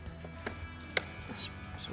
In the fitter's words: push that in until it clicks.